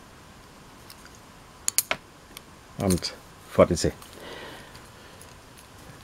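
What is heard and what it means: The trigger at the back of the plastic launcher on a 2003 Star Wars Saga Collection (Phase II) figure is pressed, and the spring-loaded missile releases with sharp snapping clicks at 1.7 s and 1.8 s, followed by a smaller click. Someone talks afterward as the toy launcher is shown releasing its projectile.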